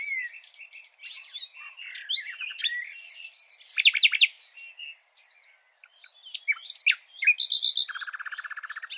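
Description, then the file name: Common nightingale song in varied phrases: buzzy scratchy notes, a fast run of repeated high chips, then a steady rattling trill at the end. "Luscinia megarhynchos"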